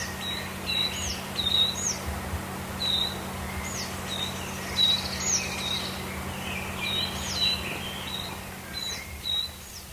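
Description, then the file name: Coal tit singing bright, high paired notes in quick repeated series, with pauses between bursts and a constant low droning hum underneath. "moskovka"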